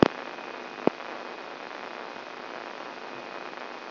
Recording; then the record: brain microelectrode recording played as sound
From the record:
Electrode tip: inside the subthalamic nucleus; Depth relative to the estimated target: 2.5 mm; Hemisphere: left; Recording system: AlphaMap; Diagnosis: Parkinson's disease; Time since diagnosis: 11 years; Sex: male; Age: 67 years